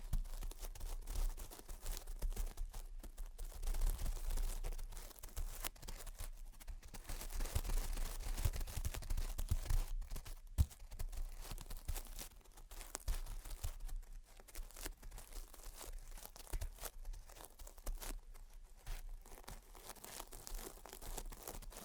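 Gentle tapping and scratching, a dense, crinkly rustle running throughout with frequent small taps and a sharper click near ten seconds.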